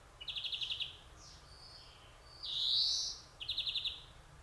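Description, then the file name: European greenfinch giving a short rattling trill, then a long buzzy nasal wheeze sliding upward, and a second quick trill near the end. "Chloris chloris"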